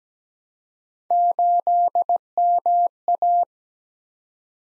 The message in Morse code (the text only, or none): 8MA